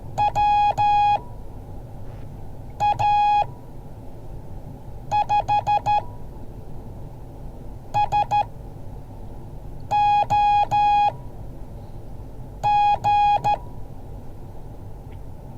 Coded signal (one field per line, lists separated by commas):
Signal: Morse code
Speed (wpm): 13 wpm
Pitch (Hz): 830 Hz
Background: none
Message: WA5SOG